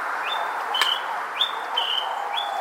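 Greater Honeyguide call: five clear high whistles that slur upward and then hold level, over steady background noise.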